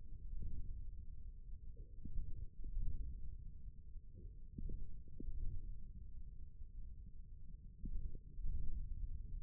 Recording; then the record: forearm muscle sounds (acoustic myography)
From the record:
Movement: forearm pronation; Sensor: system 1, eight BSWA MPA416 microphones around the upper forearm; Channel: 1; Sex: male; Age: 41 years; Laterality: right